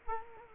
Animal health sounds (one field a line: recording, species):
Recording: mosquito wingbeat signal from an infrared sensor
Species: Culex quinquefasciatus